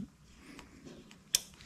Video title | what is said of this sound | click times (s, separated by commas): Valve Adjustment! Step-by-Step 2014 KX250F Very Similar to Most Race Bike Valve Adjustments! | you want to hear it clicking as you're threading it in | 1.3 s